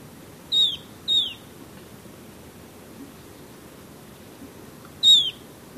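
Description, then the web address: Golden-faced Tyrannulet with three clear, high whistled notes, each dropping in pitch; two come close together, then a pause of about four seconds before the last. Recorded in Ecuador. "Natures Songs S America Birds of Ecuador. Golden-faced Tyrannulet"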